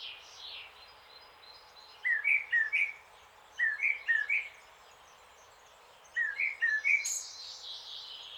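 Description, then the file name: Eurasian blackcap song: three short bursts of quick, sliding whistled notes, each a tight cluster of about four, separated by short pauses. "Sylvia atricapilla"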